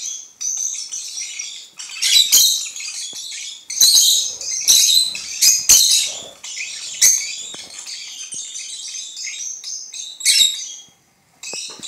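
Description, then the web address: Lovebirds chattering steadily in shrill, buzzy phrases with loud squeaky peaks, sharp clicks and a brief silence just before the end. Several lovebirds (Agapornis) singing. "penie popugajchikov nerazluchnikov. parrots agapornis"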